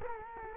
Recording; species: mosquito wingbeat signal from an infrared sensor; Culex quinquefasciatus